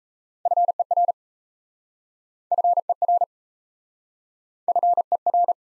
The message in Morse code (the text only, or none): FER FER FER